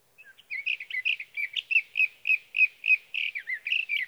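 Sage thrasher song: a long, rapid, warbled run of varied whistled phrases, steady and continuous, with notes following about three per second, no other sounds.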